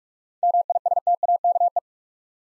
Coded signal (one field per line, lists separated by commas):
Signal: Morse code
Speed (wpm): 44 wpm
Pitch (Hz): 700 Hz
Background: none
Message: MISTAKE